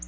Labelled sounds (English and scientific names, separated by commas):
Black-throated Blue Warbler (Setophaga caerulescens) flight call